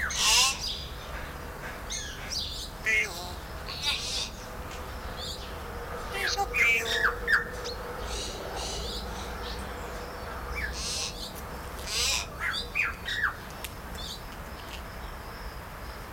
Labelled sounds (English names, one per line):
Common Hill Myna